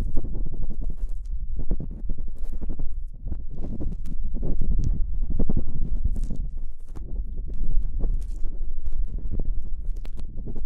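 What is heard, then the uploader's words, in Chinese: Ear cleaning with assorted sticks: a steady stream of dense, muffled scraping and rubbing, heavy in the low end. Quick soft taps and brief brighter crackles break through every second or so, with a short quieter lull around three seconds in. 用各种棒棒清理你的耳朵。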